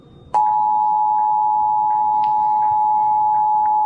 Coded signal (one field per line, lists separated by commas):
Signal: Emergency Alert System (SAME) tones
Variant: 853 and 960 Hz attention tone